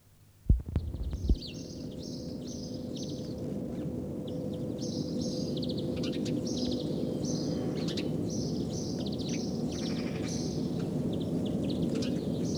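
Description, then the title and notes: House sparrow chirps, short bright notes repeated in loose clusters throughout, after a few thumps at the start, over a steady low hum. Spring nature sounds; Päijät-Häme, Finland. "Kevät - Luontoääniä Päijät-Hämeestä A1 Varpunen"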